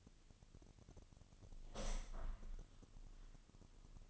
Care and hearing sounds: daily activity, microphone in the room; open window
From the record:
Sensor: 4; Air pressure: 1005.5 hPa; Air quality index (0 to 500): 91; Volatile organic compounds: 2 ppm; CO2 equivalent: 1119 ppm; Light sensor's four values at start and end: 13/29/11/11 and 13/29/11/11

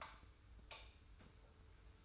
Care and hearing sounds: daily activity, microphone in the room; light off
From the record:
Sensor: 2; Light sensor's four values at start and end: 30/77/31/30 and 25/60/24/24

